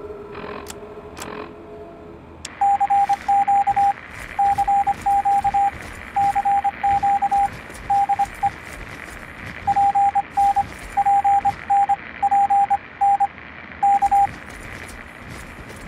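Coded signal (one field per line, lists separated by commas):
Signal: Morse code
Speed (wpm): 25 wpm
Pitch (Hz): 800 Hz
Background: radio noise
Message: CQ CQ CQ DE PN PN PN K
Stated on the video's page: In-game Morse from Fallout 3 relay tower radio signal Papa November, activated by a transformer switch at a broadcast tower.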